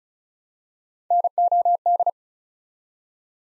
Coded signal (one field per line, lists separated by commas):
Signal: Morse code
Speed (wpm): 36 wpm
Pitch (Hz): 700 Hz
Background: none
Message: NOD